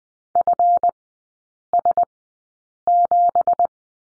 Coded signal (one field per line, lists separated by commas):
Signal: Morse code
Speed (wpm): 20 wpm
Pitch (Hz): 700 Hz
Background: none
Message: FS7